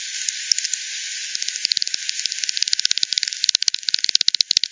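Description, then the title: Echolocating bats as a soft hiss broken by scattered clicks that tighten into a quick, regular ticking run in the final seconds. Multiple bats at Hogsmill River, Hogsmill Lane, 7 October 2020 at 18:10 Z; recorded with frequency division (FD 10), bandpass filtered and resampled. "bat 20201007 T 18 : 10 Z-Hogsmill-Lane-Hogsmill-River-multiple-bats-FD 10"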